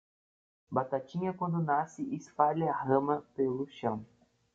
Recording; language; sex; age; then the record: short text; Brazilian Portuguese; male; 30 to 39 years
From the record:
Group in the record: control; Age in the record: 30 years